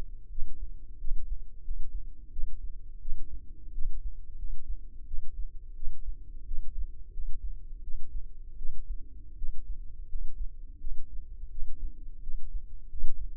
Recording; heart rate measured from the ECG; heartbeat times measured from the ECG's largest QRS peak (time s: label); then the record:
heart sounds by microphone in the left ear; 86 bpm
0.29 s: heartbeat
0.99 s: heartbeat
1.63 s: heartbeat
2.31 s: heartbeat
3.00 s: heartbeat
3.72 s: heartbeat
4.36 s: heartbeat
5.05 s: heartbeat
5.74 s: heartbeat
6.45 s: heartbeat
7.12 s: heartbeat
7.82 s: heartbeat
8.56 s: heartbeat
9.36 s: heartbeat
10.07 s: heartbeat
10.79 s: heartbeat
11.49 s: heartbeat
12.21 s: heartbeat
12.87 s: heartbeat
From the record:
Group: healthy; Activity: rest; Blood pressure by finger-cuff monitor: 87/60 mmHg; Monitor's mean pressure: 68 mmHg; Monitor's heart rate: 87 bpm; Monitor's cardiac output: 6.8 L/min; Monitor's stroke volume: 78 mL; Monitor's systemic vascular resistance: 710 dyn s/cm5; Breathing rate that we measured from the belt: 21 breaths a minute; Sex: female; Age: 19 years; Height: 163 cm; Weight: 48.9 kg